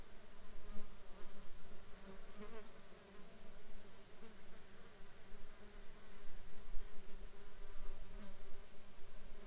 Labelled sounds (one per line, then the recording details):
insects
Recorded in the Arctic National Wildlife Refuge, Alaska, on 21 June 2019 at 11:22
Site 33